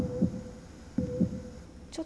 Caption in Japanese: 胸に手を当ててみると伝わってくる心臓の音。